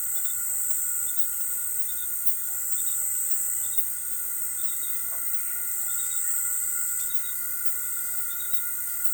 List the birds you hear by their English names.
none